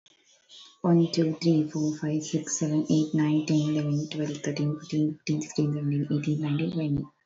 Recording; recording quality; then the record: counting at a fast pace; excellent, no background noise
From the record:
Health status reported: exposed to COVID-19, no respiratory illness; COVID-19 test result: negative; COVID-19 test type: RT-PCR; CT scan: not taken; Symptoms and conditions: none ticked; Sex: female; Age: 22 years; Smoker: no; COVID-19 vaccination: none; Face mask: worn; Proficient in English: yes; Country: India